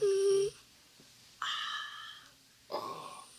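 Three squeaky, whistling breath sounds just over a second apart from Harris, a sleeping female pet cat: a light, high-pitched snore.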